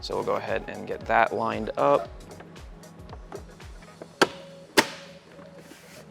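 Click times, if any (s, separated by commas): 4.2 s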